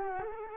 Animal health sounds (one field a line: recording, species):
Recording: mosquito wingbeat signal from an infrared sensor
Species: Culex quinquefasciatus